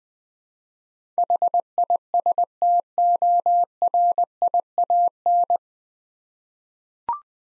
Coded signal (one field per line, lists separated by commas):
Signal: Morse code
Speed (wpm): 20 wpm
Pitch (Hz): 700 Hz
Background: none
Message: HISTORIAN